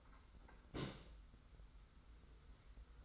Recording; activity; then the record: daily activity, microphone in the room; place on stove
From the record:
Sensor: 3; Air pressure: 990.9 hPa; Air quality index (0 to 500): 101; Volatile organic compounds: 34 ppm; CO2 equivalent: 3050 ppm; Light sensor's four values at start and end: 45/124/51/45 and 45/124/51/45